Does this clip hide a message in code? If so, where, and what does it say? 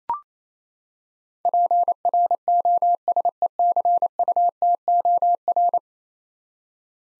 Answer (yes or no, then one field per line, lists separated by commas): yes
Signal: Morse code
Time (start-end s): 1.5-5.8 s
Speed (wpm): 28 wpm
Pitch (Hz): 700 Hz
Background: none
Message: PROSECUTOR